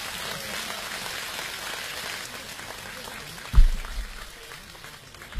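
An audience applauds steadily to welcome Hou Yaohua, a dense, even wash of clapping that holds for several seconds, with a dull low thump partway through before the clapping carries on.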